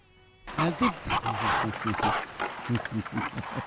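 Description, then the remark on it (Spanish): A donkey brays loudly in a rapid series of harsh, rhythmic honking pulses that continue without pause for several seconds. “¿Qué es ese sonido? Eso es una carreta. Vino el burro calentón.”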